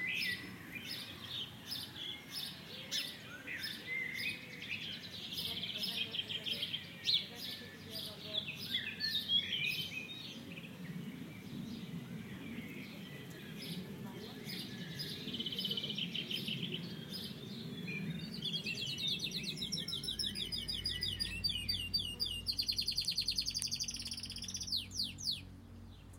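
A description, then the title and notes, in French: Birds sing and chirp throughout a walk, with many short, bright calls repeating quickly over a low, steady rumble. Around twenty seconds in, a different bird takes over with rapid, rattling trills high up, while the low background noise thickens. Balade au rythme des chants d'oiseaux. Voici trois enregistrements de chants d’oiseaux, faits lors de différentes promenades.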